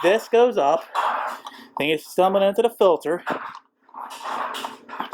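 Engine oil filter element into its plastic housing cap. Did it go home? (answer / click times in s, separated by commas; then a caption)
no / none. During an oil change on a Dodge Journey with the Chrysler Pentastar 3.6L VVT V6, a paper oil filter element is handled and lined up correct end down to be pushed onto its plastic filter housing cap while someone talks. Two brief sharp handling sounds come near the end at about 5.0 and 5.1 seconds. Nothing has seated or clicked yet.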